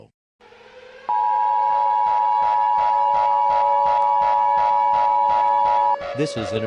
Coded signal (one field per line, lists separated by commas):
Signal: Emergency Alert System (SAME) tones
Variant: 853 and 960 Hz attention tone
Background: speech